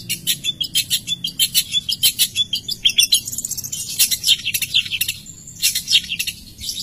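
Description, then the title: Long-tailed shrike song: rapid, scratchy chattering notes in a busy stream, becoming more varied and rasping in the second half. "Cendet"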